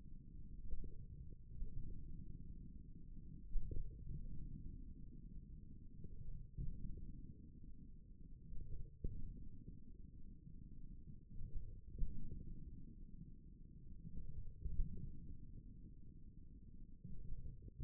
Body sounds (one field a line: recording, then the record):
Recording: forearm muscle sounds (acoustic myography)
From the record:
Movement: wrist flexion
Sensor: system 1, eight BSWA MPA416 microphones around the upper forearm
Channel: 1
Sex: male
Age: 41 years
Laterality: right